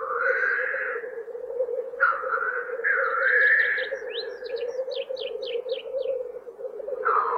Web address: тетерев